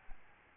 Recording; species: mosquito wingbeat signal from an infrared sensor; Aedes albopictus